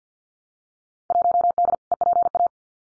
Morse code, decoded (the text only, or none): 1D EPA